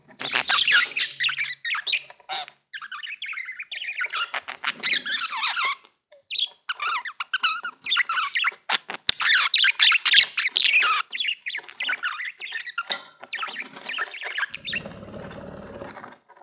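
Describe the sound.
Budgerigar warbling: long, nearly continuous stream of chirps, squeaks and buzzy notes with only brief pauses, softening into a low rasp at the end.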